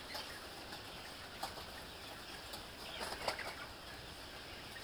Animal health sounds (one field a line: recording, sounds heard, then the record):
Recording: poultry house recording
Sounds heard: healthy chickens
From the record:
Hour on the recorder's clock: 14